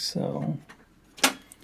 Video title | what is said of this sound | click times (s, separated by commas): Avoid Common Mistakes When Building Your DREAM Gaming PC | Push it in. Click. You hear it click? Wow. | 1.2 s